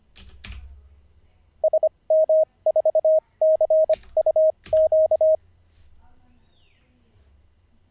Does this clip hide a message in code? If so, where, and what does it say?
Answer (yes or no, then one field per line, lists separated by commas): yes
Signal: Morse code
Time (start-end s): 1.6-5.4 s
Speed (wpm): 25 wpm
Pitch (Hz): 630 Hz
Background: none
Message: SM4CUQ